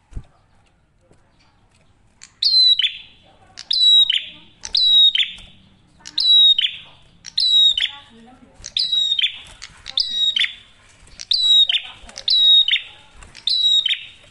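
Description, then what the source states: Prinia song beginning after two seconds of quiet. Crisp whistled notes with buzzy tails then repeat steadily, about once per second. Masteran tutor audio for training songbirds; prenjak merah singing actively with a clear voice.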